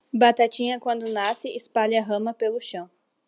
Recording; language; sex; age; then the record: short text; Brazilian Portuguese; female; 18 to 19 years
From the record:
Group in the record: control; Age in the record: 19 years